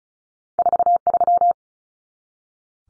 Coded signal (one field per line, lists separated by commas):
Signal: Morse code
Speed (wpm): 34 wpm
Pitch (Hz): 700 Hz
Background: none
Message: 43